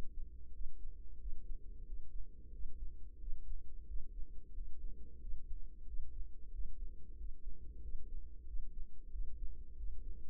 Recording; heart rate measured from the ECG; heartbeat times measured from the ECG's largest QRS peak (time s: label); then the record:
heart sounds by microphone in the right ear; 91 bpm
0.49 s: heartbeat
1.16 s: heartbeat
1.82 s: heartbeat
2.49 s: heartbeat
3.16 s: heartbeat
3.84 s: heartbeat
4.50 s: heartbeat
5.17 s: heartbeat
5.83 s: heartbeat
6.49 s: heartbeat
7.14 s: heartbeat
7.78 s: heartbeat
8.43 s: heartbeat
9.08 s: heartbeat
9.73 s: heartbeat
From the record:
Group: healthy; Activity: rest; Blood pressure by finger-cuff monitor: 123/71 mmHg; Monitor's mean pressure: 89 mmHg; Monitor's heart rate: 91 bpm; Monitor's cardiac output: 7.7 L/min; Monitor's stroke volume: 84 mL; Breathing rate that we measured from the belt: 23 breaths a minute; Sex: female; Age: 32 years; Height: 172 cm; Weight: 71.7 kg